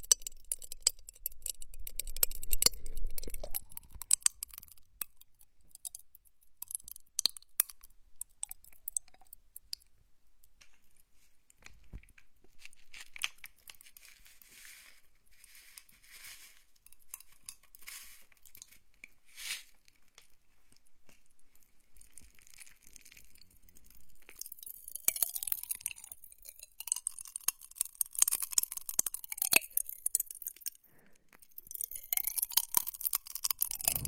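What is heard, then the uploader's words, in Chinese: Wet mouth sounds as popping candy crackles, with dense, bright fizzing and tiny snaps scattered throughout. The crackle is busiest in the first few seconds, thins through the middle, then swells again from about 24 seconds, with soft rising and falling hums underneath. 跳跳糖 口腔音 湿漉漉。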